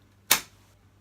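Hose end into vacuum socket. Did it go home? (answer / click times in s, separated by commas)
yes / 0.3 s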